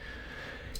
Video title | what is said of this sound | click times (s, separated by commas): This New Multitool Design Is Wild!! | and you might have to help the lock a little bit, but it does have a lock. | 0.8 s